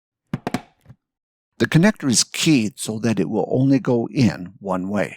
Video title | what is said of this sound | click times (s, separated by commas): Motherboard connectors - CompTIA A+ 220-1101 – 1.13 | It is now just a matter of pushing the connector in and you should hear a click. | 0.3 s, 0.5 s